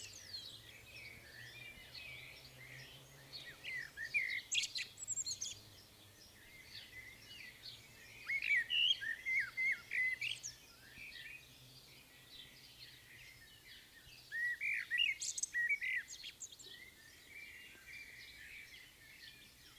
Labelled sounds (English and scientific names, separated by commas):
Common Blackbird (Turdus merula) song